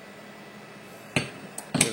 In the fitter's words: Ini udah terkunci.